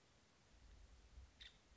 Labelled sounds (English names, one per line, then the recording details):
Nuttall's Woodpecker
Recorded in Sonoma County, California